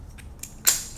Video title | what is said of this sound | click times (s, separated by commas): Diablo 16-Piece ELECTRICIAN'S HOLESAW KIT | there but it's workable so with with the Diablo set these things literally just slide on snap in | 0.4 s